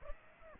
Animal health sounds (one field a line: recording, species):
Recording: mosquito wingbeat signal from an infrared sensor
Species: Aedes aegypti